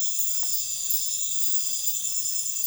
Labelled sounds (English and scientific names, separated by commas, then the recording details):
none
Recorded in dense forest near Puerto Asís, Putumayo, Colombia, on 21 February 2024 at 03:30
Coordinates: 0.505, -76.324
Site G6467